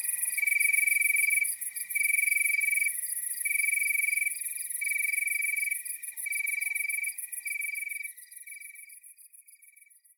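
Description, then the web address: Cricket chirping in high pulsed bursts that slowly fade and thin out toward the end, with a continuous high insect hiss behind. Nocturnal wasteland soundscape at night. "Nature Chill Out 2014. Toads, Nighthawks and Crickets"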